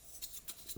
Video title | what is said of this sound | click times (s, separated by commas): U-wing Review - Micro Galaxy Squadron | that's just it's really nice and this piece the way that it just snaps in | 0.7 s